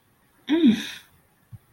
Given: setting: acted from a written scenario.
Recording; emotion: vocal sound without words; distress